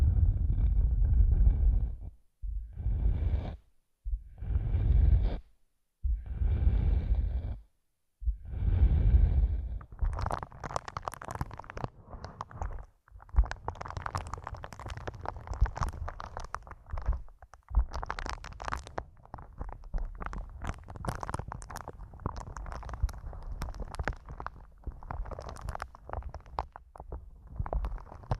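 ASMR triggers through headphones used as a mic: five deep, muffled thumping bursts, then from about ten seconds dense crackly rubbing and scratching.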